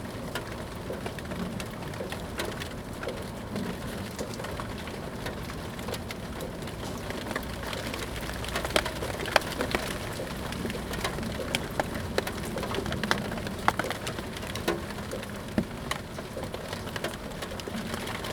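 Rain falls steadily in a backyard, a dense continuous patter with a low rumbling undertone. Sharper drips and taps stand out now and then, clustering around the middle and later seconds, while the overall level stays fairly even throughout.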